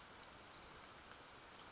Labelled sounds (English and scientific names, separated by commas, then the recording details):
Western Flycatcher (Empidonax difficilis)
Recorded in Sonoma County, California